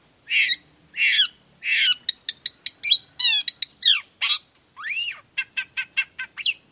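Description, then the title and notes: Long-tailed shrike song: harsh buzzy notes followed by rapid varied high notes, upslurred and downslurred phrases and quick repeated ticks. Morning singing with varied 'toet toet' notes, used as a lure to make other shrikes of any type reply quickly and open their beaks. "Cendet Gacor Dor Di Kala Pagi Toet Toet Variasi Suara. Cendet Gacor Efektif Pancingan Buat Cendet Jenis Apapun Agar Cepat Nyaut Buka Paruh. Burung cendet"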